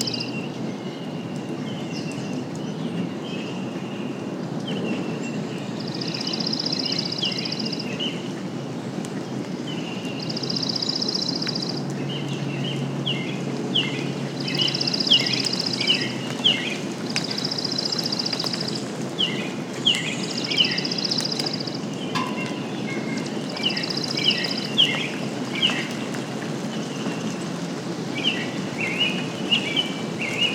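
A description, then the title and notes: Songbirds call through a gentle rain, with repeated bright trills and short chirping phrases every few seconds across the whole stretch. A steady low rumble runs underneath, like rolling thunder, swelling slightly in the middle while soft rain hiss stays constant. Early Morning Rainstorm. It was the tailend of a rainstorm and the wildlife was active. You’ll mostly hear a variety of song birds, the undertones of rolling thunder, and gentle rain blowing through.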